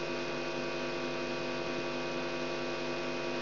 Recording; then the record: brain microelectrode recording played as sound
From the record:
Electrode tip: outside the subthalamic nucleus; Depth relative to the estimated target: -4 mm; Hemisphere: right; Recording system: AlphaMap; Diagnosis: Parkinson's disease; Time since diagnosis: 17 years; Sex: female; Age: 63 years